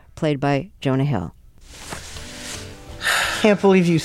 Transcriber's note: soundbite of sigh